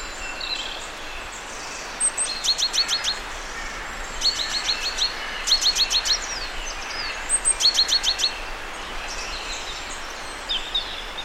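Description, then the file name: Great tit uttering repeated quick volleys of sharp high ticks, in three main bursts spread throughout, against soft background noise. "Parus major"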